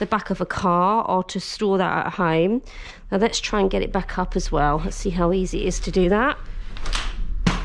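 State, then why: Seated. A folded Hauck Citi Neo II pushchair is unfolded and its frame is pushed up while someone talks, with a few short handling knocks just before 7.0 seconds. The frame's fold lock engages with a sharp click at 7.5 seconds, and the pushchair frame locks open.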